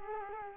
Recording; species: mosquito wingbeat signal from an infrared sensor; Culex quinquefasciatus